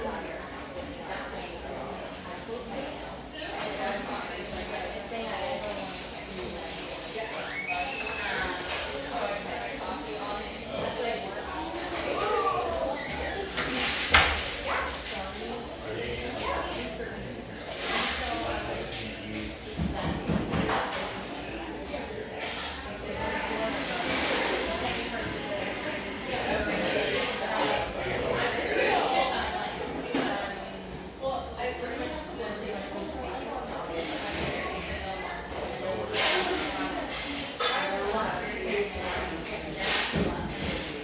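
A humming café near the beach north of San Diego, filled with a steady, dense murmur of overlapping voices throughout. Sharp clinks and clatters of dishes cut through now and then, notably around 14, 20 and 25 seconds, over a low constant hum.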